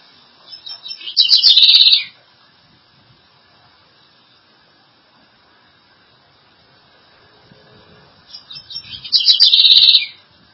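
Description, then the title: Southern house wren song: two bursts of rapid, high, bubbly and buzzy notes, each lasting about a second, separated by roughly seven seconds of quiet. "cURRUIRA"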